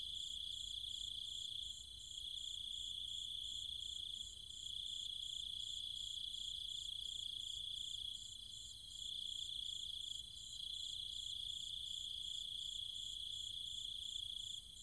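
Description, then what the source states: Cicada chorus of steady piercing whine and quick pulses, swelling and slackening slightly several times across the stretch. Cicadas and other insects calling at night in trees and fields, Chiang Mai, Thailand, countryside.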